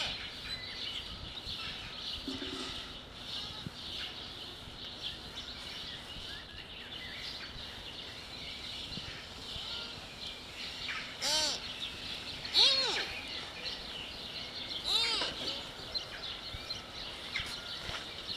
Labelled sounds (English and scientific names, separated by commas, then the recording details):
Mule Deer (Odocoileus hemionus) call
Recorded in captivity
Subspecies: hemionus
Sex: female
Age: subadult
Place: Tierpark Berlin, Berlin, DE
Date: 1967-06-11
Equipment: Uher 4000 Report-S, Sennheiser MD 421
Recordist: Tembrock, Günter
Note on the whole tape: Schwarzwedelhirsch (Felsengebirgs-Maultierhirsch). Weibchen, noch nicht ganz erwachsen: Langlaute. Abstand: 3 m. Aufnahmezeit: 8.00-10.00 Uhr